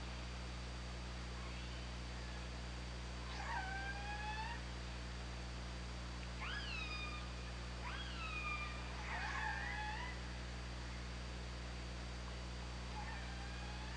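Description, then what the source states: Orca calls in a series of several harmonic upsweeps that flatten and fall, spaced a few seconds apart, set against continuous low hum. Recorded on an OrcaLab hydrophone, 24 August 2017, 22:54.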